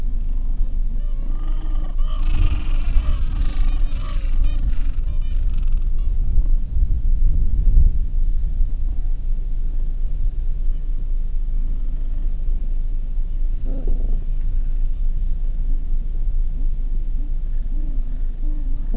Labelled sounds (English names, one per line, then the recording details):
Gentoo Penguin
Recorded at the colony at Selvic Cove, Antarctica, on 13 December 2015
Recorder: Song Meter SM2+